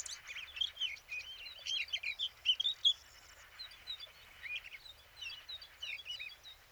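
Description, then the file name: Eurasian blackcap song, a run of quick warbled and chattering phrases between mid and high pitch, loudest in the first half, then quieter. "Sylvia atricapilla"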